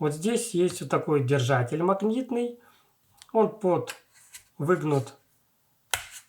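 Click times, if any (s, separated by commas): 5.9 s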